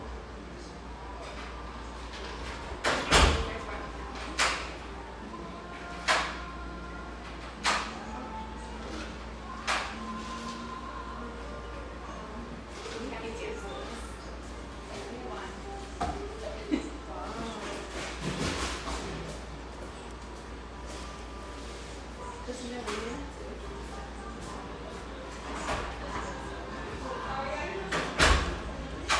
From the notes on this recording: the sounds and mellow radio of this beautiful exposed-brick coffeehouse in the Northeast Portland neighborhood of Hazelwood